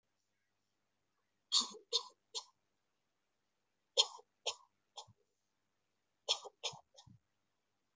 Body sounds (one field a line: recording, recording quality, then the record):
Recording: shallow voluntary cough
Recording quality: excellent, no background noise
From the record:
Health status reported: exposed to COVID-19, no respiratory illness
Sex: female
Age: 27 years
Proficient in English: yes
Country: India